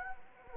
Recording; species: mosquito wingbeat signal from an infrared sensor; Anopheles arabiensis